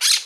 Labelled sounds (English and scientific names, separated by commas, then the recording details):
Brown-throated Parakeet (Eupsittula pertinax) contact call
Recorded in Margarita
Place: Rd. to Arenera, R. El Muco
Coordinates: 10.983, -64.362